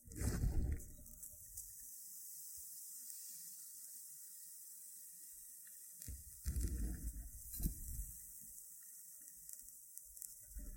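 Loofah scratching and rubbing comes in short bursts, a busy low crackle at the start, then again around six to eight seconds with a few sharper pops. Between bursts a faint steady hiss fills the gaps, with soft scattered rustles.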